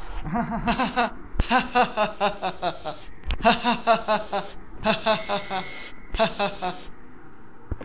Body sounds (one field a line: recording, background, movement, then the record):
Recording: laughter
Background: traffic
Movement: sitting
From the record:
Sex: male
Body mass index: 20.6 kg/m2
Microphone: on the chest, facing the body